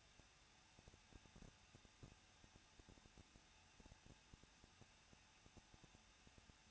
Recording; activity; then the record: daily activity, microphone in the room; no activity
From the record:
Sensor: 2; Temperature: 21.0 degrees Celsius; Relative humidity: 37.5%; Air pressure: 1006.2 hPa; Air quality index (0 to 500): 223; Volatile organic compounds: 25 ppm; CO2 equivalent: 2826 ppm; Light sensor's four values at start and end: 2/3/2/2 and 2/3/2/2